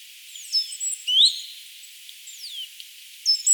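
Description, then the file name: Great tit call: a single rising whistled note, with thin high calls of other birds scattered throughout. "Parus major"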